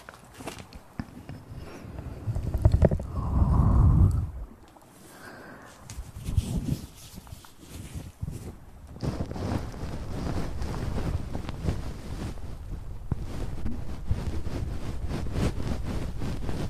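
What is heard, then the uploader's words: Hand and mouth sounds: rubbing, tapping and breathy puffs, with a loud low rumbling burst around three to four seconds and a brief whistly tone near five seconds. After eight seconds a denser, steady rustling and crackling continues to the end. Hand Sounds & Mouth Sounds.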